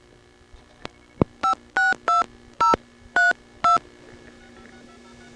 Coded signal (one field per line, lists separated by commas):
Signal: DTMF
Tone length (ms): 150 ms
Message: 562032